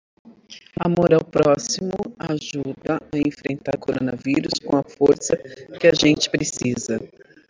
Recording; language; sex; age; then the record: spoken sentence; Brazilian Portuguese; female; 40 to 49 years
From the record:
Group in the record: control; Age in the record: 47 years